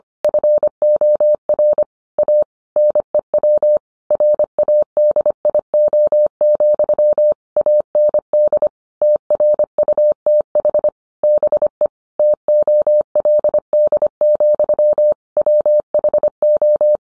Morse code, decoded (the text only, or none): FOR A NEW RADIO, AND TRUTH BE TOLD, WHO